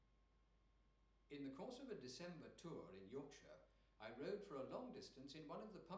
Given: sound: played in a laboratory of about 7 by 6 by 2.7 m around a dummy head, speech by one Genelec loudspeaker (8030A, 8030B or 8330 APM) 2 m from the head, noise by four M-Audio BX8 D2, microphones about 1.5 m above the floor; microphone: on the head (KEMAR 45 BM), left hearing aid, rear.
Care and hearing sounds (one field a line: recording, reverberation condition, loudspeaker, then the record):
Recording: male speech in English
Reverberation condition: medium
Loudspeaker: 150 degrees to the left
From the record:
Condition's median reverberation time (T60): about 510 ms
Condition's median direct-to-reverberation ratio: about -0.5 dB